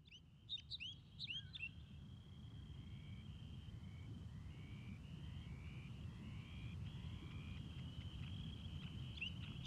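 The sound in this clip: Snow Bunting calls: a quick burst of high chirps in the first seconds, then a series of repeated thin slurred notes over a steady high tone and a constant low rumble.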